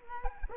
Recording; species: mosquito wingbeat signal from an infrared sensor; Culex quinquefasciatus